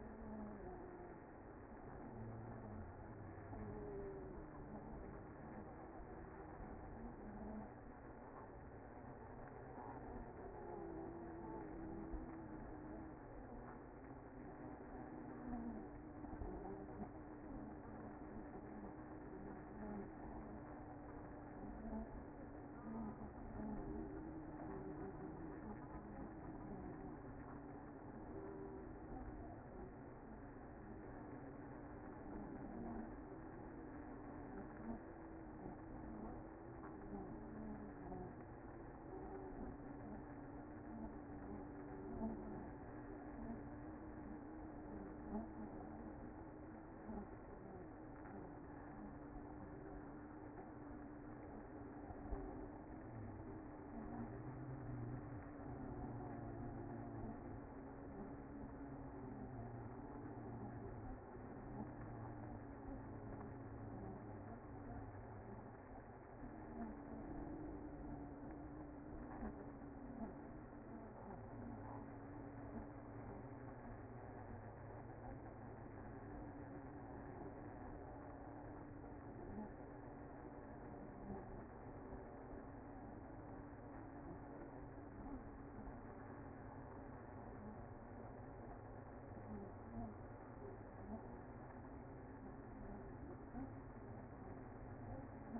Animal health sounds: honeybee colony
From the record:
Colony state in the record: active

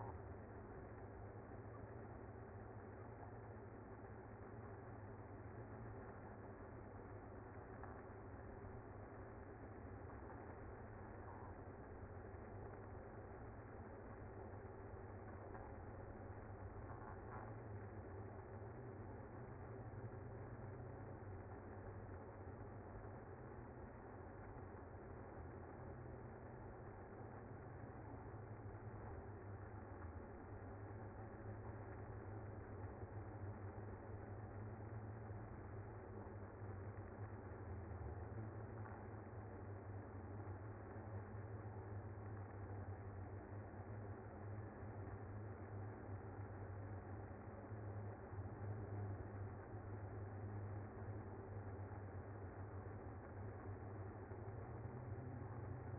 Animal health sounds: honeybee colony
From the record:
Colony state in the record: active

